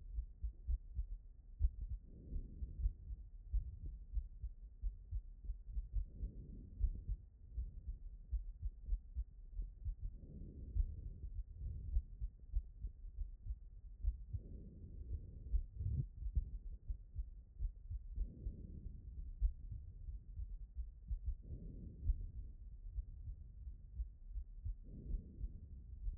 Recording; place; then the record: heart sounds by stethoscope; aortic valve (AV)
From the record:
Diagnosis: HFrEF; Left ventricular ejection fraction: 37%